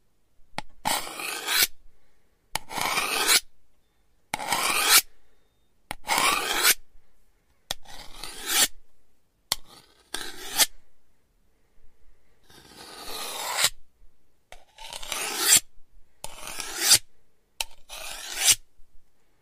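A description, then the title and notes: A knife is drawn across a sharpening stone in repeated gritty, rasping strokes, each lasting about half a second to a second, with short silent gaps between. The strokes are bright and scraping, fairly regular at first, with a longer, softer stretch near the middle. Super sharp knife sharpening.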